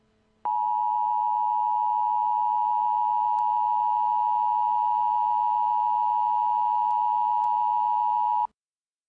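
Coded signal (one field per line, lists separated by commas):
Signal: Emergency Alert System (SAME) tones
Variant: 853 and 960 Hz attention tone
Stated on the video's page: Fictional Emergency Alert System scenario alert for nuclear terrorism.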